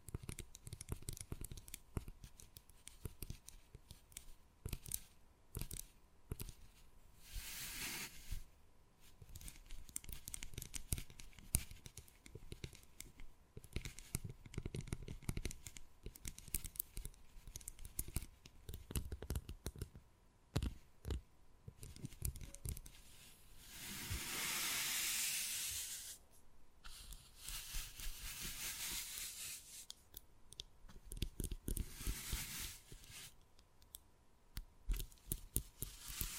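Wood carving, with dense, irregular tapping and short scratching strokes through the whole clip. Several longer hissing scrapes stand out, the biggest around 24 to 26 seconds, with others near 8 and 30 seconds. A faint steady hum sits underneath.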